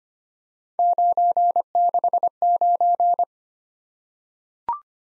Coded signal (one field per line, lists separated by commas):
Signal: Morse code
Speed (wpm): 25 wpm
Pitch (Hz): 700 Hz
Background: none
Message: 969